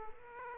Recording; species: mosquito wingbeat signal from an infrared sensor; Aedes aegypti